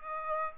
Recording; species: mosquito wingbeat signal from an infrared sensor; Aedes aegypti